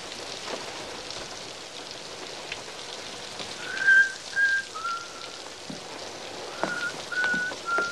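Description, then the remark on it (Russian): A man whistles a few short, clear notes in two brief phrases over the steady hiss and patter of falling rain. “свистит, берет зонтик и уходит под дождь на улицу.”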